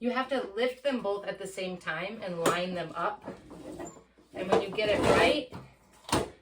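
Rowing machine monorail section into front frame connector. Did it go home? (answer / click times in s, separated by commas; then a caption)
yes / 6.1 s. Someone talks while lifting both halves of a folding Concept2-style rowing machine together, lining them up so the metal bars meet the lips. The monorail section then clicks into place in the front frame connector with a sharp click at 6.1 s, and the frame is seated.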